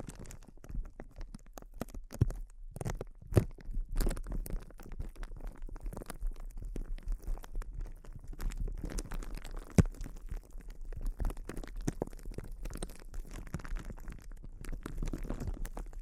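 Soft crinkling handled steadily for the whole stretch, a dense patter of small crackles and crisp ticks. Sharper snaps stand out near the three-and-a-half and ten-second marks, while a low rumbling murmur runs underneath throughout.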